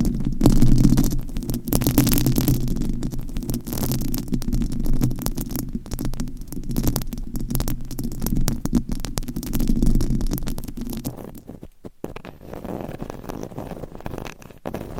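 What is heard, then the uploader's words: Mic scratching: a dense, constant scraping and rubbing across the whole range, with a heavy low rumbling hum underneath and frequent quick crackles and clicks. Around eleven seconds the low rumble drops away, leaving thinner, quieter scratching with sharp pops until the end. ASMR Mic Scratching - Brain Scratching with 4 Mics Hypnotic Asmr No Talking.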